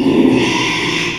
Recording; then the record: squeal of a Yucatan mini pig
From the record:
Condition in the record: after surgery on the right vocal fold (resection and tissue-engineered implant); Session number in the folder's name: 1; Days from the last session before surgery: 6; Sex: male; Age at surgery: 12 weeks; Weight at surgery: 13 kg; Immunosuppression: cyclosporine, prednisolone